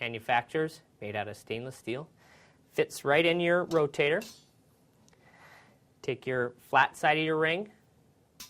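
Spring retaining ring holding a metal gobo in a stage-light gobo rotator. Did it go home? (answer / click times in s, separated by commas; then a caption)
yes / 8.4 s. A stainless steel B-size metal gobo is placed into a stage-light gobo rotator, and its spring retaining ring is compressed flat side first into the holder. Someone talks through the steps, and the ring clicks into place at 8.4 s, seating the gobo.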